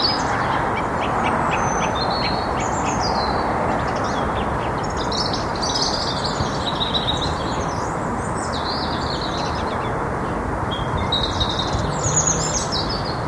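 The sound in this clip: Thrush singing a continuous run of varied whistled and slurred phrases over constant heavy background noise.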